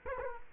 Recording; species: mosquito wingbeat signal from an infrared sensor; Culex quinquefasciatus